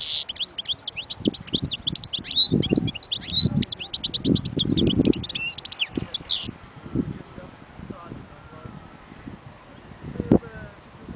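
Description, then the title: European goldfinch song, fast high twittering for about six seconds, then stopping, with repeated low thuds and rustling heard throughout. Wild bird. "اجمل غناءالحسون الخلويchant chardonneret sauvage"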